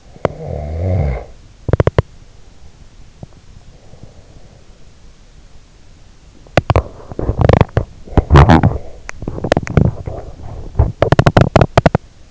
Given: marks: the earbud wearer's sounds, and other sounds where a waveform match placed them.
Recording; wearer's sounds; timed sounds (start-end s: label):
sounds in sleep by an in-ear microphone; snoring breath, teeth grinding, swallowing
0.00-1.56 s: snoring breath
1.69-2.21 s: teeth grinding
3.15-4.81 s: swallowing
6.40-12.31 s: teeth grinding